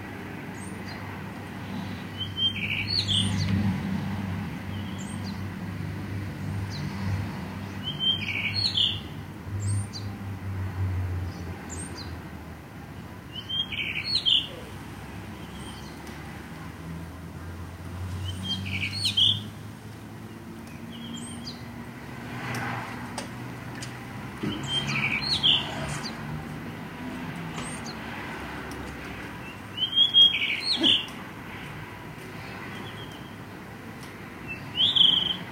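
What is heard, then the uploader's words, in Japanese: Birds call on a clear spring day, a bright, short phrase repeating about every five to six seconds, sharp. Beneath it runs a steady low rumble of passing traffic, swelling and fading, with a few faint clicks. とある春晴れの日の鳥。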